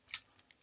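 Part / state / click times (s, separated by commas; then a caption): emergency key blade released from car key fob housing / released / 0.1 s. A small release button is pressed on a plastic Skoda/VW/Seat/Cupra car key fob, and the button clicks open with a sharp, bright click at 0.1 s, freeing the metal emergency key blade from the fob housing as it is pulled out. Two faint ticks follow at about 0.4 s and 0.5 s. The blade is released and everything works fine.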